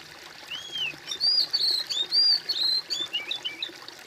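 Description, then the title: Bird song: a lively phrase of high whistles, an arched opening note then sweeping and trilled notes in quick succession, with faint background hiss. "kOMPILASI suara bird"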